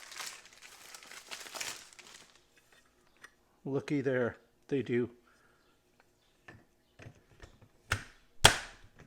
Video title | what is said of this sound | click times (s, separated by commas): Seina Collapsable Wagon | And here I'm click into place. They'll go down so far and then you gotta give them a little push. | 8.4 s